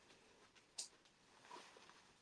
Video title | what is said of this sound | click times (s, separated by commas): Virtual Baby Expo | and we will Buckle it when we hear the click | 0.8 s